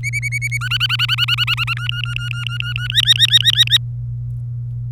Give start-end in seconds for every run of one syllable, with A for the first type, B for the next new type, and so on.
0.03-0.57 A, 0.61-1.74 B, 1.77-2.88 C, 2.90-3.77 D